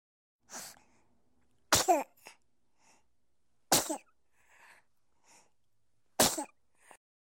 Baby Sneezing.